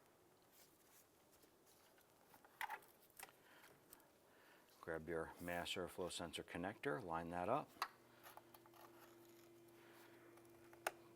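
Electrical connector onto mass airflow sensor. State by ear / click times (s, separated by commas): seated / 10.9 s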